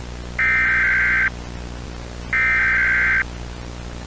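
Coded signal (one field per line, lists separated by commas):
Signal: Emergency Alert System (SAME) tones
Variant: header bursts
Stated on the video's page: Fictional EAS scenario, not a real alert.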